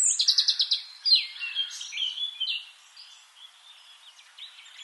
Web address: SETE data Erithacus rubecula